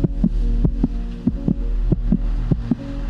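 Steady paired lub-dub thumps at about 95 a minute over a low electrical hum: a man's regular heartbeat played aloud through a heart machine, in a scene from the TV drama The OA.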